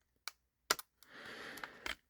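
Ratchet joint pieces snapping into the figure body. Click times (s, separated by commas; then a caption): 0.3 s, 0.7 s. During transformation of a Legacy Evolution Toxitron Grimlock action figure, its plastic ratchet joints are pushed together and snap into the figure body with two sharp plastic snaps at 0.3 s and 0.7 s, the second louder. A continuous rustling follows from about 1.0 s to 2.0 s, with small clicks near 1.6 s and 1.9 s, and the joints end up seated.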